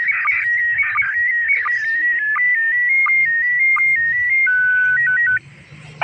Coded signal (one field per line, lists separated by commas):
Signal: SSTV (slow-scan television)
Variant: PD 90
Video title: SSTV SES 8A09JS HUT ORLOK Jakarta Selatan ke-9 Tahun 2022